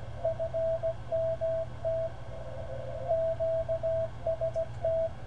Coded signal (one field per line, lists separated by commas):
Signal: Morse code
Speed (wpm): 16 wpm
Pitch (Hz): 660 Hz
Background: none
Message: FMT QST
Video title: ARRL November 2014 Frequency Measurement Test with SDR